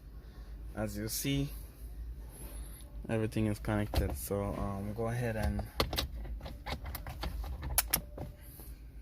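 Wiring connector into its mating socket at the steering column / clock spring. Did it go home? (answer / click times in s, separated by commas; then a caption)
yes / 7.8 s, 7.9 s. During a Kia Forte clock spring, driver airbag and steering wheel replacement, someone talks while a wiring connector is pushed back in by hand into its mating socket at the steering column and clock spring. Soft handling clatter leads to two sharp clicks at 7.8 s and 7.9 s as the connector locks into place.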